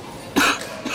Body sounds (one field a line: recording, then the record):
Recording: coughing mixed with background sound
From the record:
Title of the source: 64 coughing, allergies, singing lungs